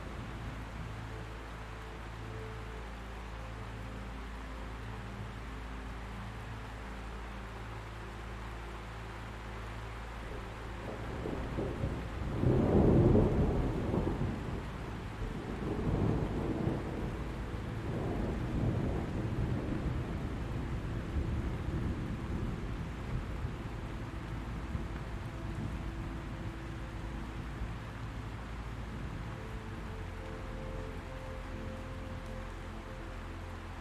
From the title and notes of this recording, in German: Beruhigender DONNER, Sanfte MUSIK, Ruhige NACHT. Das Grollen des Donners.